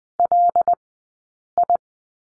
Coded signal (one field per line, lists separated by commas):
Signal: Morse code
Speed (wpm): 20 wpm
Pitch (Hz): 700 Hz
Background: none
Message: LI